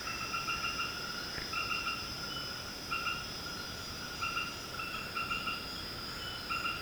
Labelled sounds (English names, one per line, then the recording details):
none
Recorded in secondary vegetation near Puerto Asís, Putumayo, Colombia, on 18 February 2024 at 21:30
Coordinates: 0.472, -76.331
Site G6371